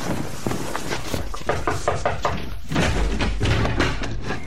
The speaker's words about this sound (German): Oh, Ich muss geträumt haben. Es ist ja mitten in der Nacht. Und das Klopfen?